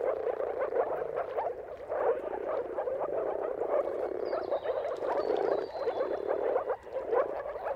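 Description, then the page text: Moor frogs in a continuous bubbling mating chorus, swelling and dipping, while a high thin whistle crosses the middle. Chorus of many moor frogs giving mating calls at sunrise, at the turn of March and April, timing depending on the weather; recorded by Jakub Orzecki. "Jakub-Orzecki moor frogs. Dawn’s Chorus: Mating Calls of Marsh Frogs at Sunrise. Depending on the weather at the turn of March and April, you can witness an amazing spectacle of moor frogs"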